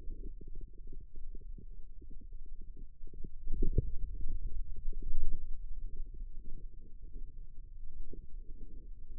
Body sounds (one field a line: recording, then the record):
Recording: forearm muscle sounds (acoustic myography)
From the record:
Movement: ulnar deviation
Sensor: system 2, bracelet of six BSWA MPA416 microphones around the upper forearm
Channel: 5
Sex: male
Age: 22 years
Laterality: right